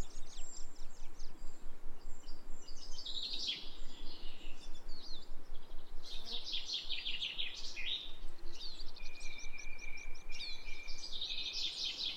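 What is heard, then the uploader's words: Birds sing and chirp in bright, busy bursts, with louder clusters around three to four seconds, six to eight seconds, and again near the end. A thin, steady high whistle holds from about nine seconds on, over a constant low rumbling background. Nature Bird Sounds.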